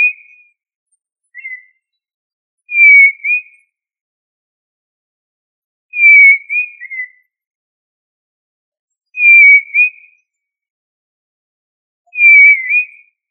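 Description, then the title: Tinamou whistled calls: several clear, level high notes, each dipping slightly before a brief upturned ending, repeated every few seconds over a silent background. "Familia Tinamidae"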